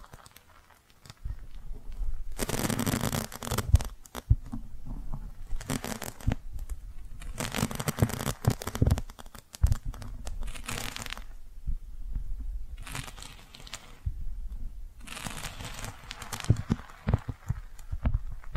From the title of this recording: Cozy Brushing, Squishy Triggers